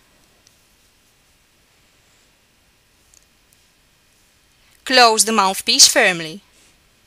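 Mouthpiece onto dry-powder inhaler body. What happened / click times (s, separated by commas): Handled, not yet home: small plastic cap not yet snapped closed / none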